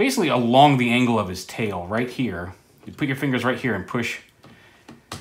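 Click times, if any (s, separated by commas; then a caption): 5.1 s. Someone talks while pressing down with their fingers along the angle of the tail of a plastic toy figure, pushing its back tab into the body's latch slot. A short, sharp click is heard at 5.1 s as the tab seats in its slot and clicks into place.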